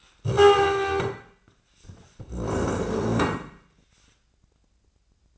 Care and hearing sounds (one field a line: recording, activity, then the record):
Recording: daily activity, microphone in the room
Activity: stand up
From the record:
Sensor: 2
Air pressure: 1012.1 hPa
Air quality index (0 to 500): 157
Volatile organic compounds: 2 ppm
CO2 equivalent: 1151 ppm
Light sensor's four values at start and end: 67/165/72/89 and 42/102/45/52